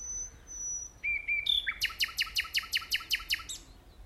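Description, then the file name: Common nightingale song opening with a long, thin, high whistle, then a few lower notes, then a loud, even series of about ten rapid repeated chirps. "Luscinia megarhynchos"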